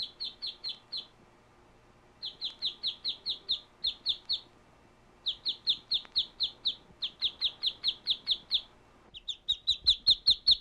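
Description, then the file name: Bird chirping in rapid strings of high, bright notes. Each string runs several chirps, separated by brief pauses, with a quicker burst at the end. "Birds chirping and tweeting"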